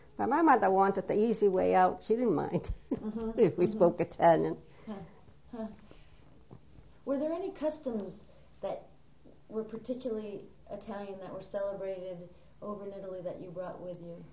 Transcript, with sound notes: But my mother wanted the easy way out, she didn't mind, (she laughs) if we spoke Italian.
Were there any customs that were particularly Italian that were celebrated over in Italy that you brought with you?